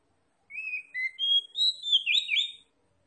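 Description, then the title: Oriental magpie-robin giving sustained clear whistles, followed by rapid slurred chirping notes. Tretes is named with the bird; its singing is described as gacor, meaning vigorous, frequent song. "Kacer Tretes"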